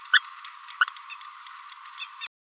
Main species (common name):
Green-rumped Parrotlet